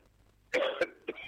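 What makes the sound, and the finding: Adult man. Cough.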